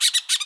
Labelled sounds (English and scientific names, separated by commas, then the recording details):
Brown-throated Parakeet (Eupsittula pertinax) contact call
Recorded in Bonaire
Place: just S of turnoff to Cai, near Lac Bay
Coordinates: 12.126, -68.239